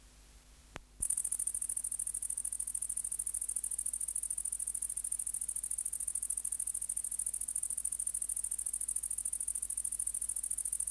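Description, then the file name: Great green bush-cricket: after a quiet second and a click, a shrill continuous pulsing buzz starts and keeps going evenly. "Tettigonia viridissima"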